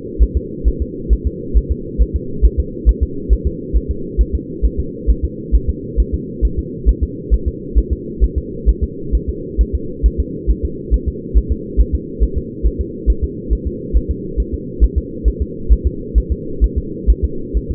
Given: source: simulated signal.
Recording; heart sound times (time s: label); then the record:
fetal heart sounds
0.23 s: S1
0.37 s: S2
0.68 s: S1
0.82 s: S2
1.13 s: S1
1.27 s: S2
1.57 s: S1
1.72 s: S2
2.02 s: S1
2.16 s: S2
2.45 s: S1
2.60 s: S2
2.89 s: S1
3.03 s: S2
3.33 s: S1
3.47 s: S2
3.77 s: S1
3.91 s: S2
4.21 s: S1
4.35 s: S2
4.65 s: S1
4.80 s: S2
5.10 s: S1
5.25 s: S2
5.55 s: S1
5.70 s: S2
6.00 s: S1
6.14 s: S2
6.45 s: S1
6.59 s: S2
6.89 s: S1
7.03 s: S2
7.34 s: S1
7.48 s: S2
7.78 s: S1
7.93 s: S2
8.24 s: S1
8.38 s: S2
8.69 s: S1
8.84 s: S2
9.15 s: S1
9.29 s: S2
9.61 s: S1
9.75 s: S2
10.06 s: S1
10.20 s: S2
10.50 s: S1
10.65 s: S2
10.94 s: S1
11.09 s: S2
11.37 s: S1
11.52 s: S2
11.80 s: S1
11.95 s: S2
12.23 s: S1
12.38 s: S2
12.66 s: S1
12.81 s: S2
13.10 s: S1
13.24 s: S2
13.53 s: S1
13.67 s: S2
13.96 s: S1
14.11 s: S2
14.40 s: S1
14.54 s: S2
14.84 s: S1
14.98 s: S2
15.28 s: S1
15.42 s: S2
15.72 s: S1
15.87 s: S2
16.18 s: S1
16.32 s: S2
16.64 s: S1
16.78 s: S2
17.10 s: S1
17.24 s: S2
17.57 s: S1
17.71 s: S2
From the record:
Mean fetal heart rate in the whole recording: 135 bpm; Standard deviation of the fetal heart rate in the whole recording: 3 bpm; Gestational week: 34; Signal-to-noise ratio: -4.3 dB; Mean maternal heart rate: 72 bpm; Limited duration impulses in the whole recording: absent